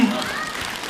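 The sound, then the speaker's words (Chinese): A brief burst of audience applause for a singer on stage, a steady crackle of many hands clapping at an even level, with a voice faintly audible underneath. “没有掌声唱不出来，谢谢啊，来点混响啊。”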